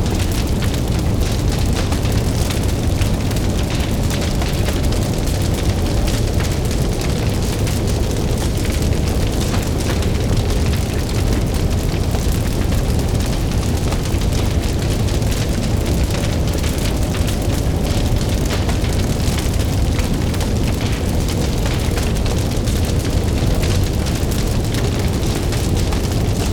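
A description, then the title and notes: Flames crackle and roar steadily for the whole clip, a dense rumble with quick snapping pops scattered throughout and no pauses. Crackle of the Flames.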